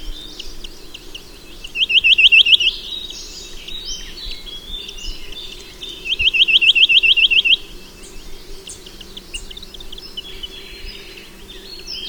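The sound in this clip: Snowy-browed nuthatch calls in two rapid trills of high, sharp notes, with faint chirps from other birds and a low background hum.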